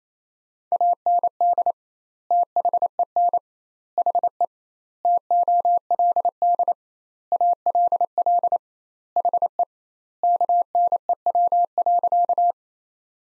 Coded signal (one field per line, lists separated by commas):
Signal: Morse code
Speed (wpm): 28 wpm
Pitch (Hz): 700 Hz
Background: none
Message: AND THEN HE TOLD ALL HE KNEW.